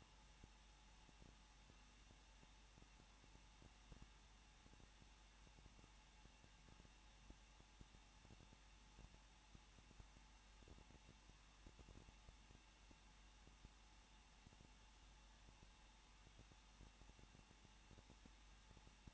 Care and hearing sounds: daily activity, microphone in the room; no activity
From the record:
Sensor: 1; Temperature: 20.1 degrees Celsius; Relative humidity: 39.1%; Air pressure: 1006.5 hPa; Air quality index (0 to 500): 216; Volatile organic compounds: 73 ppm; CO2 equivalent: 3548 ppm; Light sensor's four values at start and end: 1/2/1/1 and 1/2/1/1

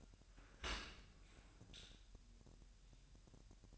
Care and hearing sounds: daily activity, microphone in the room; open dishwasher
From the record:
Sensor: 2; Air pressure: 1000.3 hPa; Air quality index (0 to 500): 245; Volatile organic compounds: 90 ppm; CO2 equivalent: 3682 ppm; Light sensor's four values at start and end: 9/21/8/8 and 9/21/8/8

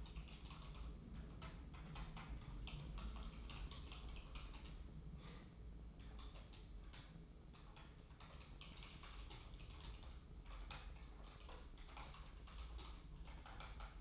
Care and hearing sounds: daily activity, microphone in the room; typing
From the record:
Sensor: 1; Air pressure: 995.3 hPa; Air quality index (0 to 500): 28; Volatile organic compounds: 1 ppm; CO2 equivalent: 541 ppm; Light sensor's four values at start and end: 14/49/17/18 and 14/49/17/18

